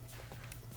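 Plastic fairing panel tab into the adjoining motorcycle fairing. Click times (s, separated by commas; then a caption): 0.5 s. A painted plastic fairing panel on a 2014–2018 Honda CB650F is pulled back slightly and pressed down so its small tab engages the adjoining panel, during a TST LED turn signal install. A sharp snap at 0.5 s rises above a steady low hum. The tab seats into place.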